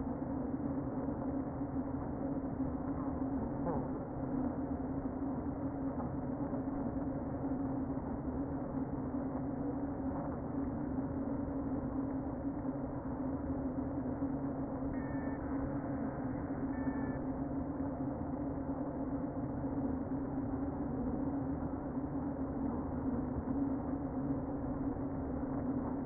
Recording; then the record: honeybee colony, microphone inside the hive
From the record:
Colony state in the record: queen present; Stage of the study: before two queens were removed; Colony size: about 60,000 bees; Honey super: yes